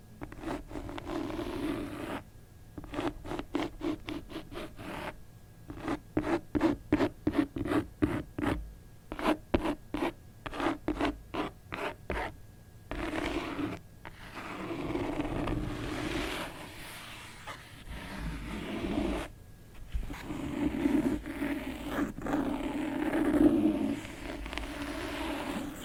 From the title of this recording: ASMR book scratching